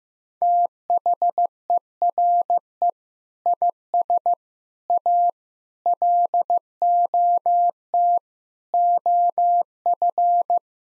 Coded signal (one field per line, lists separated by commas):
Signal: Morse code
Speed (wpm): 15 wpm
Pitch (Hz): 700 Hz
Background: none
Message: THERE IS A LOT OF